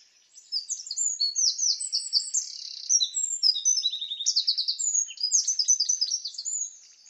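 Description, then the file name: Eurasian wren song: a sustained, rapid cascade of shrill notes and dry trills lasting about six seconds. "Troglodytes troglodytes"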